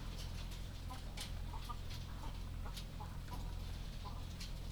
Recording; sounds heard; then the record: poultry house recording; sick chickens (respiratory disease)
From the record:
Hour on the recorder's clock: 21